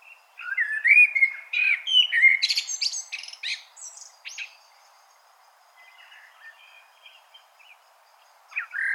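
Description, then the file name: Common blackbird singing one long phrase of mellow whistles ending in high, squeaky chatter, then quiet soft notes and a fresh fluted start at the end. "Turdus merula"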